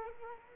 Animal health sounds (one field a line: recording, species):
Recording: mosquito wingbeat signal from an infrared sensor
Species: Culex quinquefasciatus